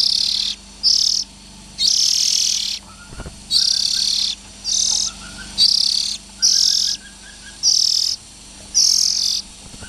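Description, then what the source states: Oriental magpie-robin juveniles producing a string of loud rasping hisses of varying length, with soft whistled notes faintly audible between them. Young birds.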